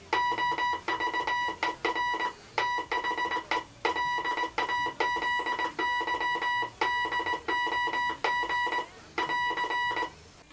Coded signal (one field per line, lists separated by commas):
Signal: Morse code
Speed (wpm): 19 wpm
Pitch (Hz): 980 Hz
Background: music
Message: OVER THE LAZY DOG <AR>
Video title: MORSE CODE OVER THE OCEAN